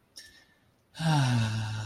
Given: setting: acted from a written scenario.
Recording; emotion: vocal sound without words; serenity